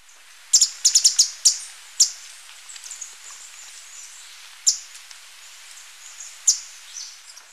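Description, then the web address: Handsome flycatcher calling with a quick run of several high, sharp ticking notes near the start, then isolated single notes spaced a few seconds apart, with soft hiss behind. Ecuador, South America. "Natures Songs S America Birds of Ecuador Handsome Flycatcher"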